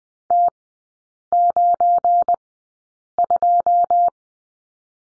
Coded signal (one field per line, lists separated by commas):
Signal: Morse code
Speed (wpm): 20 wpm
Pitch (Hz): 700 Hz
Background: none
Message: T92